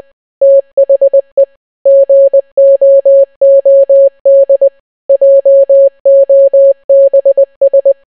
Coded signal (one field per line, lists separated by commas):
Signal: Morse code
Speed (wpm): 20 wpm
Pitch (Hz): 550 Hz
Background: none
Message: THE GOOD JOBS